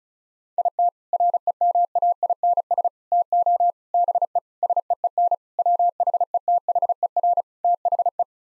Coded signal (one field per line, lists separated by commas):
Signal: Morse code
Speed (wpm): 36 wpm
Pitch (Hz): 700 Hz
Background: none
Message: IT REMAINS TO BE SEEN WHETHER THE